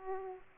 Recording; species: mosquito wingbeat signal from an infrared sensor; Aedes aegypti